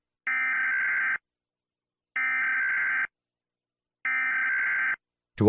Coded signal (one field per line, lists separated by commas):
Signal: Emergency Alert System (SAME) tones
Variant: header bursts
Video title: EAS Scenario - "Earthquake: Get Out" | Emergency Alert System